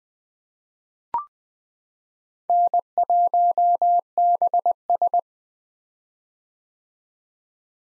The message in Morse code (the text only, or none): N1BS